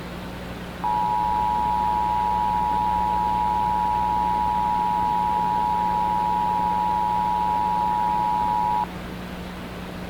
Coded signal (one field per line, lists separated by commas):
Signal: Emergency Alert System (SAME) tones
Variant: 853 and 960 Hz attention tone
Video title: WDFA Law Enforcement Warning 10/7/21 9:40 PM EAS #5